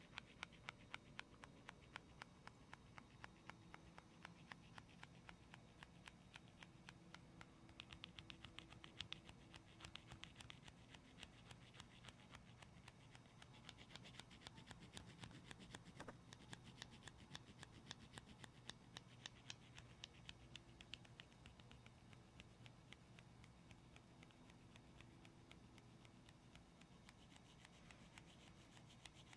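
Gentle ASMR tapping and scratching carries on without pause, with quick, sharp taps falling many times a second over a soft rasping scrape. The pace stays fairly even across the whole stretch, and a low steady hum sits underneath throughout.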